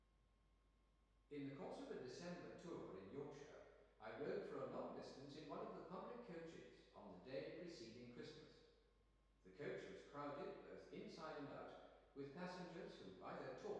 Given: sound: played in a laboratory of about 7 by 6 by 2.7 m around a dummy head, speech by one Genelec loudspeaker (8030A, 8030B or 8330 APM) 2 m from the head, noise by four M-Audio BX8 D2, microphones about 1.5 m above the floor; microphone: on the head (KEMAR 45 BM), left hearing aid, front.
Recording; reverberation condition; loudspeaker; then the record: male speech in English; high; 60 degrees to the right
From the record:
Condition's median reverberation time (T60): about 1300 ms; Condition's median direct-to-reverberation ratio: about -4.0 dB